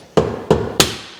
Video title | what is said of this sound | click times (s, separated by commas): How To Install A Windshield On A Can-Am Maverick X3 | heard it snap into place good next one's the same way | 0.8 s